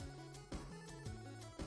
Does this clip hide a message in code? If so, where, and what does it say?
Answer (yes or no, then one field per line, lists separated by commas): no